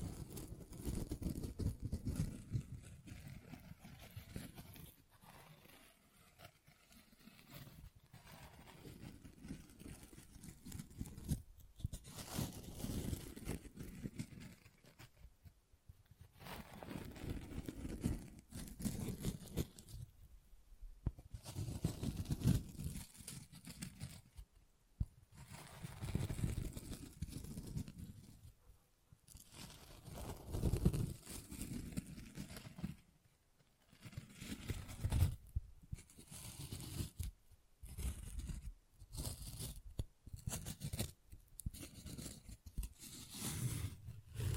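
Tapping and scratching textures come in uneven bursts of low rustling, broken by brief silences and sharp crisp clicks that quicken toward the end.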